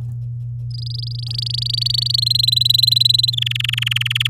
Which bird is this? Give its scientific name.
Serinus canaria